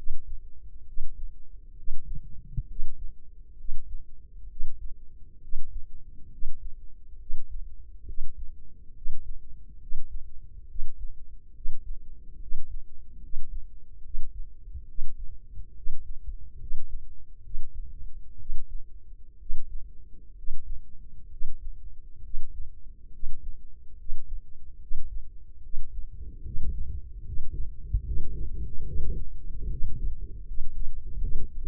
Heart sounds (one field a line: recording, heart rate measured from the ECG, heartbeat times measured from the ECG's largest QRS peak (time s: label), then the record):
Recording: heart sounds by microphone in the left ear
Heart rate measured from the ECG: 69 bpm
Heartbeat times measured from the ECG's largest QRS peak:
0.83 s: heartbeat
1.73 s: heartbeat
2.64 s: heartbeat
3.54 s: heartbeat
4.46 s: heartbeat
5.38 s: heartbeat
6.27 s: heartbeat
7.16 s: heartbeat
8.03 s: heartbeat
8.91 s: heartbeat
9.77 s: heartbeat
10.65 s: heartbeat
11.51 s: heartbeat
12.36 s: heartbeat
13.18 s: heartbeat
14.00 s: heartbeat
14.84 s: heartbeat
15.72 s: heartbeat
16.56 s: heartbeat
17.40 s: heartbeat
18.35 s: heartbeat
19.36 s: heartbeat
20.32 s: heartbeat
21.27 s: heartbeat
22.19 s: heartbeat
23.08 s: heartbeat
23.94 s: heartbeat
24.77 s: heartbeat
25.59 s: heartbeat
26.40 s: heartbeat
27.21 s: heartbeat
28.01 s: heartbeat
28.82 s: heartbeat
29.66 s: heartbeat
30.43 s: heartbeat
31.18 s: heartbeat
From the record:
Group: healthy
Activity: rest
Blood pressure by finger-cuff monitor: 98/65 mmHg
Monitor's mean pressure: 74 mmHg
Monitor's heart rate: 70 bpm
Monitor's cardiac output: 5.1 L/min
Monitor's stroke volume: 73 mL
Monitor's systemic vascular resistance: 1070 dyn s/cm5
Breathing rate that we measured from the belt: 17 breaths a minute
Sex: female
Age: 23 years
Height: 160 cm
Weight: 50.4 kg